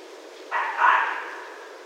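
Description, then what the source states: Red fox call, a hoarse double bark whose second part is louder and drawn out, then quiet background noise. Recorded 16 January 2012.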